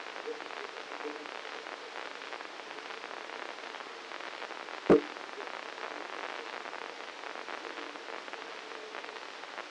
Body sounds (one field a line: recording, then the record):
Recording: brain microelectrode recording played as sound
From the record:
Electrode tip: inside the subthalamic nucleus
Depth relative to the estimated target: 0 mm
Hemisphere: left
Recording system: NeuroSet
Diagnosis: Parkinson's disease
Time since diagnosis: 9 years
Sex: male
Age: 56 years